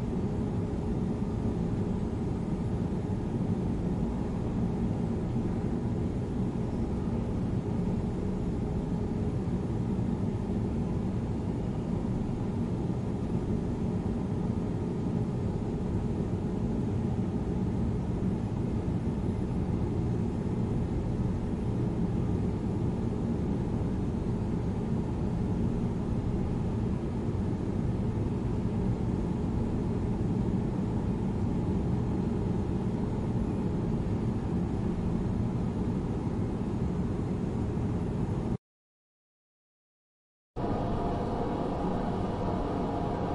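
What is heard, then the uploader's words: A fan runs with a steady, dense whir, heavy in the low and middle range with a faint hiss above. The sound holds even for about 38 seconds, cuts to silence for roughly two seconds, then resumes slightly brighter until the end. Fan sounds, constant fan sleep sounds.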